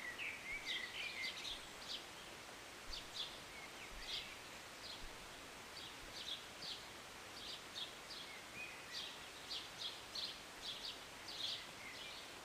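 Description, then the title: Birds chirping, short bright notes repeated in quick irregular bursts over a steady rain-like hiss. Birds singing and chirping in short morning rain, recorded on a city balcony on a Sunday morning. "Rainy Morning with Birds Chirping"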